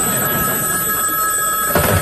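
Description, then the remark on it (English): A newly installed telephone's bell rings steadily for the full two seconds, a bright, sustained metallic trill over a hiss of background noise, with a brief louder thump near the end. “Well, you've got your phone.”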